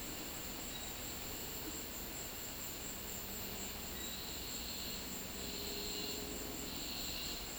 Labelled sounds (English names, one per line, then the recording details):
none
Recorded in dense forest near Puerto Asís, Putumayo, Colombia, on 20 February 2024 at 16:00
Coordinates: 0.502, -76.324
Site G6370